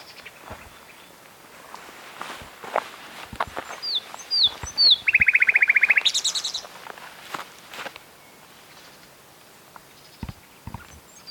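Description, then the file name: Common nightingale song: three down-slurred whistles followed by a rapid, loud trill and a higher buzzy flourish, over a background of scattered clicks and rustles. "Luscinia megarhynchos"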